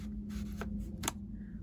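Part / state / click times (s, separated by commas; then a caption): magnetic closure of a chipboard album panel / seated / 1.1 s. A chipboard panel of a paper scrapbook album is set in place, and its hidden magnetic closure snaps shut with a sharp click at 1.1 s, preceded by a softer tap at 0.6 s. The panel is seated and closed.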